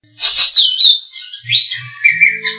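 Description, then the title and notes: Bird song of bright high chirps and short whistled notes in quick succession, with a few soft low thumps beneath. Birds singing in Indonesia. "Kicau Burung Indonesia"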